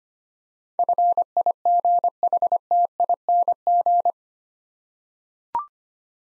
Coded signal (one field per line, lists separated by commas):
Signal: Morse code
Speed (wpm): 25 wpm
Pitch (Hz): 700 Hz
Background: none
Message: FIGHTING